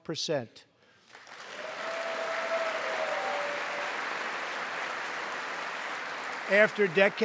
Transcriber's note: applause